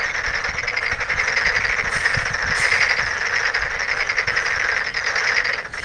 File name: frog tokyo-daruma-gaeru